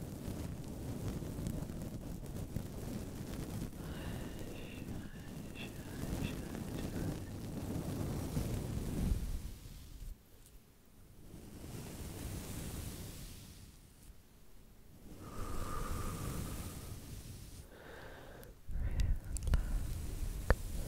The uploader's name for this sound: slow mic brushing